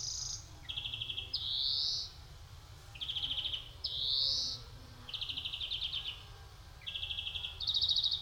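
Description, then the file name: European greenfinch alternating quick trilled phrases with drawn-out, nasal, rising wheezes, repeated several times, with a low background hum throughout. "Chloris chloris"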